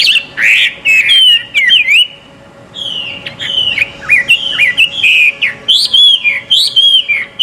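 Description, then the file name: Chinese hwamei song, loud rich whistled phrases with rising and falling slurs, varied, with a brief pause and a steady faint hum underneath. Bird gathering. "audio gathering hwamei. omkicau"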